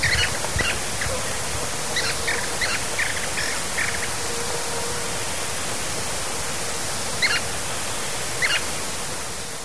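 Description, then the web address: Sooty-crowned flycatcher calls: a quick run of short notes, then a pause and two more single notes, over a steady background hiss. Recorded in Ecuador. "Natures Songs S America Birds of Ecuador Sooty-crowned Flycatcher"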